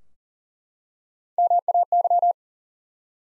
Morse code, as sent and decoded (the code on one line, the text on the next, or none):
-- .- -.--
MAY